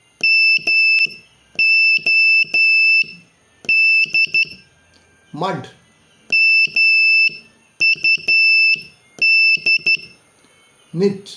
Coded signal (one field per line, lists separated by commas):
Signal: Morse code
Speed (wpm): 12 wpm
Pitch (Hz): 2650 Hz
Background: speech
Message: MOD MUD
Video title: Morse Code for Ham Radio Made Easy 4!